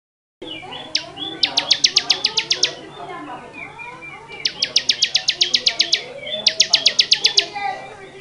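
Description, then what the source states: Bar-winged prinia song: three fast, even runs of sharp high notes separated by short pauses, with softer bird chatter behind. Song in the 'ngebren' style.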